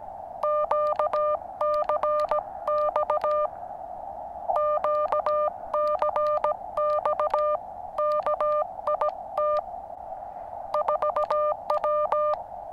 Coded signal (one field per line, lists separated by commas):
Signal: Morse code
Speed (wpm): 17 wpm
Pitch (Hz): 600 Hz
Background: none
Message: QCX QCX KIT 4W